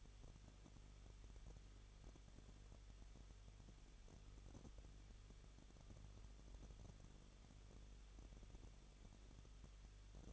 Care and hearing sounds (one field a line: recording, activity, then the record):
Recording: daily activity, microphone in the room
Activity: no activity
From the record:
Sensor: 4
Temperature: 23.0 degrees Celsius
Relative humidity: 34.3%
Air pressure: 1007.3 hPa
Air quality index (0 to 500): 216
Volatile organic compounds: 15 ppm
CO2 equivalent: 2503 ppm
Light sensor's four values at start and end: 2/3/1/1 and 2/3/1/1